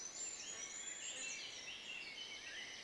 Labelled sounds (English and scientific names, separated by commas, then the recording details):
Eurasian Blackcap (Sylvia atricapilla)
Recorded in Germany
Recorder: ecoPi